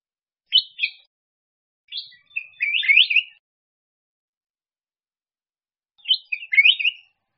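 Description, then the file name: Bulbul song: three brief whistled, warbling phrases, the last two longer and more tumbling, separated by pauses. "Tieng chao mao vang"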